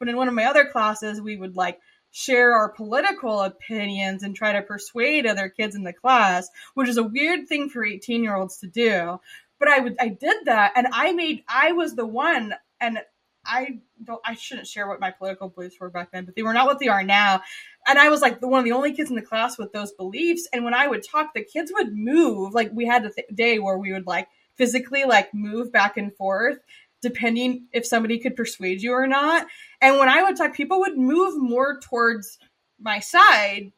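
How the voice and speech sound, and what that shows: An adult who has stuttered since childhood, with speech therapy from age 4, speaks in a conversational monologue with frequent "like" fillers and short pauses. Several sounds are stretched mid-word, as in "cla-a-ass" and "mooove". These prolongations fit a mild stutter in otherwise mostly fluent speech.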